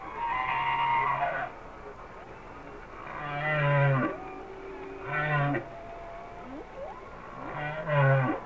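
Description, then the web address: Humpback whale song: moaning harmonic calls with low grunts, spaced a few seconds apart. "Whale Songs Sounds of Nature - Humpback Whales"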